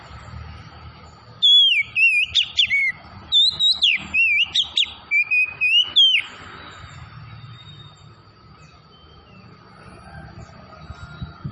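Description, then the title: Oriental magpie-robin singing a long, varied run of rich whistles, rising and falling slurs and sharp chips for about five seconds, then going quiet with faint background hum. Tretes variety; singing vigorously (gacor). "Kacer Tretes Gacor"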